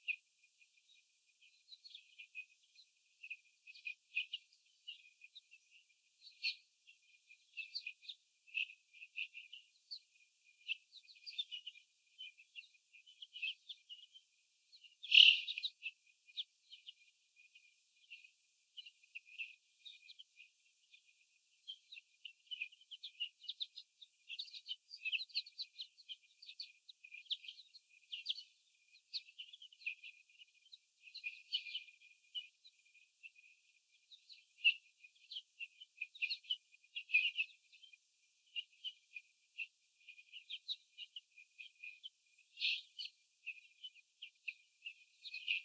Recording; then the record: young laying hens in a cage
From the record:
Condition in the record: after the stressor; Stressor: sudden umbrella opening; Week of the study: 3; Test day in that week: 2